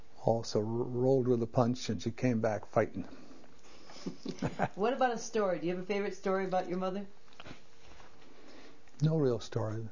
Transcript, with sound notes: also r—rolled with the punch and she came back fighting (laughs)
What about a story? Do you have a favorite story about your mother?
No real story.